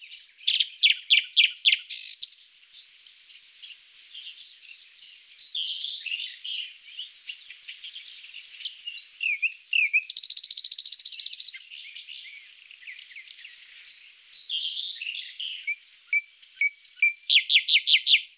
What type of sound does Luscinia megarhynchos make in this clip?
song